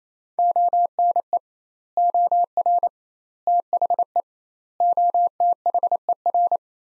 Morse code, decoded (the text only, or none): ONE OR THE OTHER